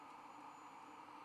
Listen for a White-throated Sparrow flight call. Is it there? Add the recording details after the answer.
no. No flight call is heard. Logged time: 06:08 on 1 December 2014